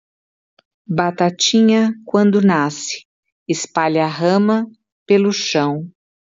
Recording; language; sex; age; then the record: short text; Brazilian Portuguese; female; 50 to 59 years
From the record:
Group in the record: control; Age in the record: 53 years